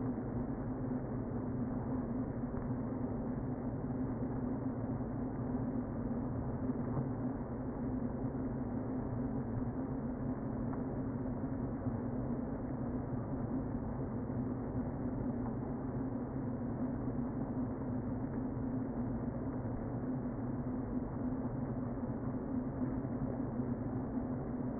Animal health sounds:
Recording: honeybee colony, microphone inside the hive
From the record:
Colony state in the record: queen present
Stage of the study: before two queens were removed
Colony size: about 60,000 bees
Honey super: yes

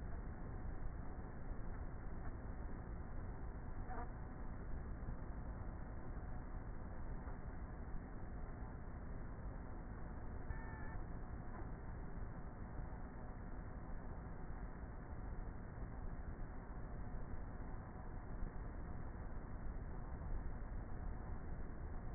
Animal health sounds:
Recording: honeybee colony, microphone inside the hive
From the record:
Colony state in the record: queenless with a low population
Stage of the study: before two queens were removed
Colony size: about 30,000 bees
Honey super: no

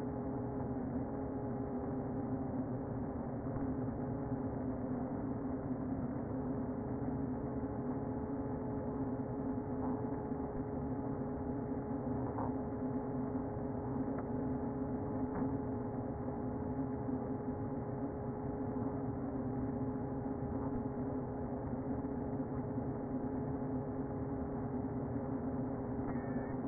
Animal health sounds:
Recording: honeybee colony, microphone inside the hive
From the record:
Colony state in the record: queen present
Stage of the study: before two queens were removed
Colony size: about 60,000 bees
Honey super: yes

